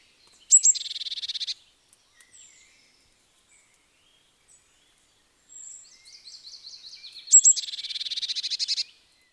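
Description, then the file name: Eurasian blue tit scolding calls, two bursts of high notes followed by buzzy churring rattle, the second preceded by softer rising notes. "Cyanistes caeruleus"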